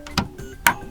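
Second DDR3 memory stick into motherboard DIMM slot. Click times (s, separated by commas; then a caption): 0.7 s. The other end of a second DDR3 memory stick is pressed into a DIMM slot on a Gigabyte motherboard. An earlier sharp tick comes at 0.2 s, then the slot latch clicks shut at 0.7 s, the loudest and sharpest sound in the clip. The stick is seated.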